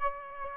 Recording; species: mosquito wingbeat signal from an infrared sensor; Aedes aegypti